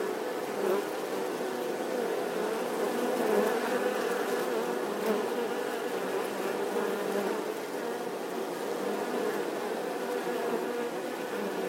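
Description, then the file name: Massed wasps producing a low, constant buzzing hum, overlapping wingbeats forming one even drone throughout. A swarm of wasps buzzing outside their nest. "Tieng bay ong vo ve ngoai to"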